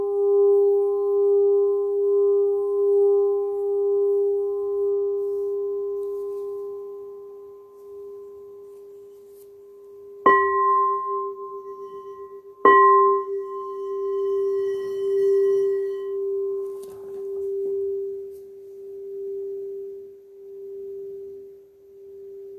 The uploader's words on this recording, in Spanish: Toque de cuenco corto.